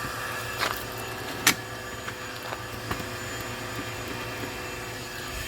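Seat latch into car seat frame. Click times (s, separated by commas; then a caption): 1.5 s. A seat latch on a clean replacement leather seat for a Grand Prix locks into the car seat frame with a sharp click at 1.5 s, and a softer knock follows at 2.9 s. A steady low hum runs underneath throughout. The latch seats properly.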